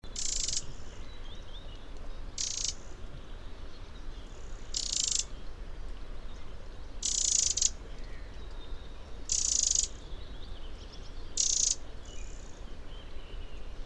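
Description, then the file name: Eurasian wren giving harsh, rasping call bursts, about six in fourteen seconds at uneven intervals, over a steady low rumble. "Troglodytes troglodytes"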